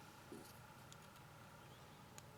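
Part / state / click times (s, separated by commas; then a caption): plastic accessory peg into the underside of an action figure's arm / seated / 2.2 s. A small plastic clip-and-peg accessory is pressed into the bottom of the arm of a Bandai Japan Robot Damashii Gundam Epyon action figure. Over a low steady hum, a faint tick comes at 0.9 s, then a sharp, short click at 2.2 s as the peg pops right in and seats.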